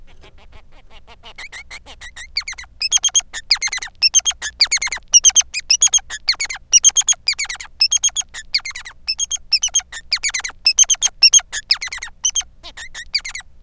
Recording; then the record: song of a male Bengalese finch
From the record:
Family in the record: son of father 3